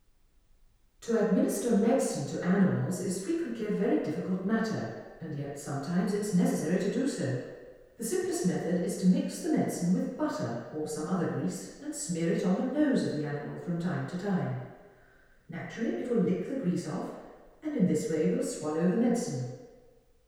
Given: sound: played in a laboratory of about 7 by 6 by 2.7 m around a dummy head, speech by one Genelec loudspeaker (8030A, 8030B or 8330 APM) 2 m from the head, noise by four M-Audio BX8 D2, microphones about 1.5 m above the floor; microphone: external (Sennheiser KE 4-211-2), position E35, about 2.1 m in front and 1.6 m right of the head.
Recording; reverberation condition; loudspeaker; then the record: female speech in English; high; 150 degrees to the left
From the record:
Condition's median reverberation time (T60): about 1300 ms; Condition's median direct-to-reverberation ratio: about -4.0 dB